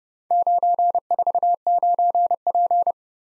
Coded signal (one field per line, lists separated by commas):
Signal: Morse code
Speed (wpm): 34 wpm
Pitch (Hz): 700 Hz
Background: none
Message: 949P